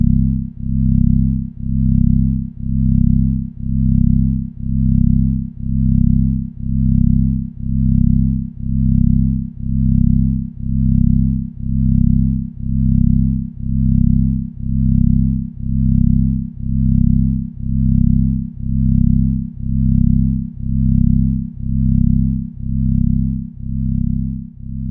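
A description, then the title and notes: Binaural-style beats: a deep, low tone that pulses in a steady, regular throb, roughly once a second, for the whole stretch. Nothing sits above the low hum except a faint buzz, and the beating never changes speed or loudness. Binaural & pluraural beats made with recorded directly from the output of DIN is Noise at sandokan bay in berlin.eu.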